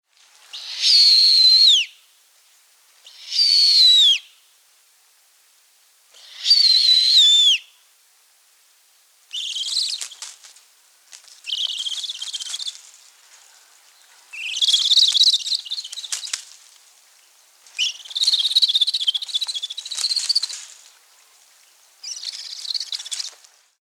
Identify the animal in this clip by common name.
Snowy Owl